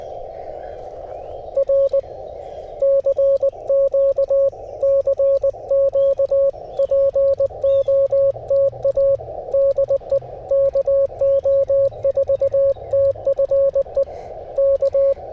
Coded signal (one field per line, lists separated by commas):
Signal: Morse code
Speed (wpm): 20 wpm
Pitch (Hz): 550 Hz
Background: radio noise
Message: R CQ CQ POTA DE KO4TFE K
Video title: Pairing my new WOLF RIVER COIL with the FT-891 for some POTA fun!! #cw #qrp #hamradio #morsecode